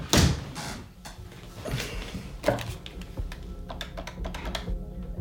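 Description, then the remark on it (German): A door shuts with a solid thump at the start, followed by a sharper knock and then a run of light, quick keyboard typing clicks. “Kannst du die Tür zumachen, wenn du gehst?”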